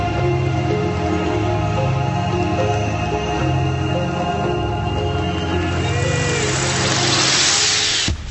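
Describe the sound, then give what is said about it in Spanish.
A car goes by, its steady engine drone and low humming tones swelling into a louder, hissing rush of tires before the sound cuts off abruptly. “¿Hablo yo o pasa un carro?”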